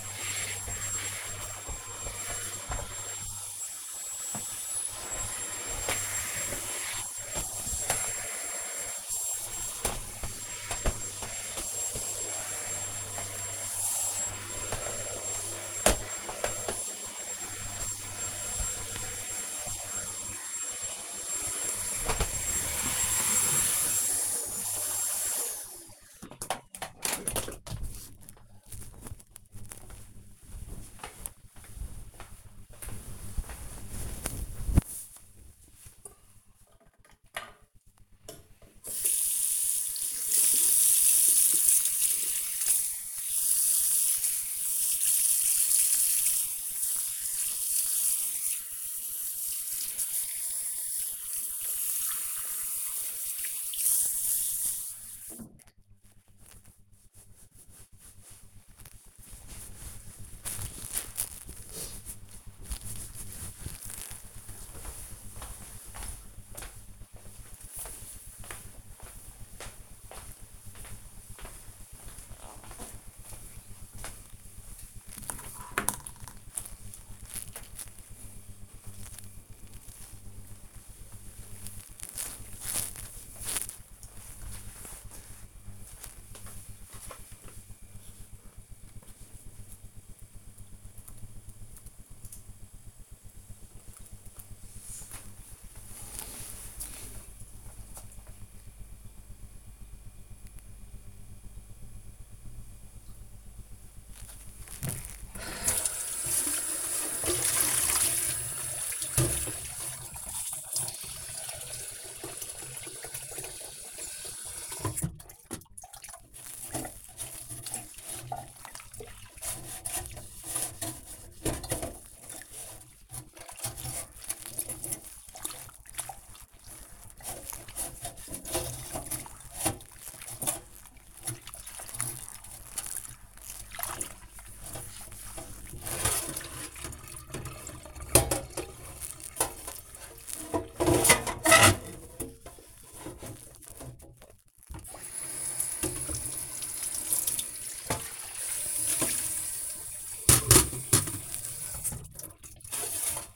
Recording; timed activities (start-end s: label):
household activities, microphone on the right wrist
0.00-24.18 s: vacuum cleaning
37.30-55.43 s: washing hands
103.78-153.36 s: washing dishes